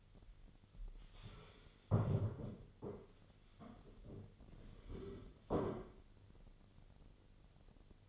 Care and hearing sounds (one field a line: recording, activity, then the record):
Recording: daily activity, microphone in the room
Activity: stand up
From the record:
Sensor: 4